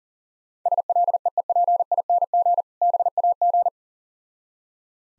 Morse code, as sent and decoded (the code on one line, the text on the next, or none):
... .-.. . . .--. .. -. --. / -... .- --.
SLEEPING BAG